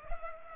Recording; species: mosquito wingbeat signal from an infrared sensor; Culex pipiens